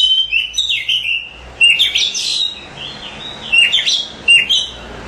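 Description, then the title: Oriental magpie-robin song of fluid whistles mixed with harsher scratchy notes in short phrases, delivered in several bursts over low background hiss. "suara kacer"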